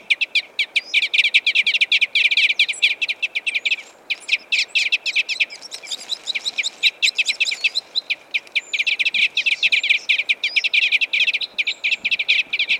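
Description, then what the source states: Red crossbill calls: dense, rapid chips pouring out almost continuously, with brief lulls. Red crossbill of call type N.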